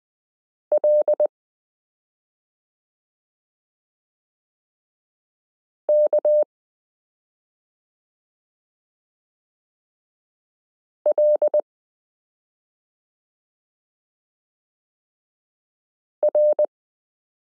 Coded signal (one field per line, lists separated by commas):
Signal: Morse code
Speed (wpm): 20 wpm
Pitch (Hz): 600 Hz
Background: none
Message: L K L R